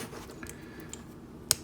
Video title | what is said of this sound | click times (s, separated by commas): Video Review: Transformers Masterpiece MPM-7 BUMBLEBEE (Volkswagen Beetle) | this piece right here rotates down like that and snaps into place so | 1.5 s